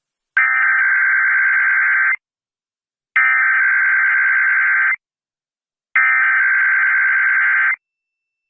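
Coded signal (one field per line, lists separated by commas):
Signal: Emergency Alert System (SAME) tones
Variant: header bursts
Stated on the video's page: Required Monthly Test for the San Francisco Bay Area.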